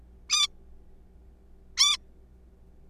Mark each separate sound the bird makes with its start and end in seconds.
0.29-0.47, 1.77-1.97